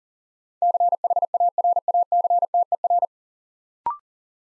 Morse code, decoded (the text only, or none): CHARACTER